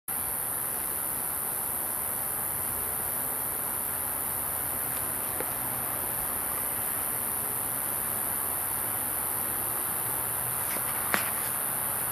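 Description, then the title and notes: Straight-lanced katydid song, a steady high-pitched continuous buzz held without a break for the whole stretch, with a few faint clicks near the end. "straight lanced katydid. by Christie Mullen"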